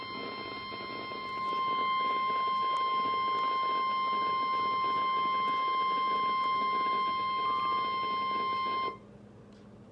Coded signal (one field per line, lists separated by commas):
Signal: Emergency Alert System (SAME) tones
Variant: 1050 Hz attention tone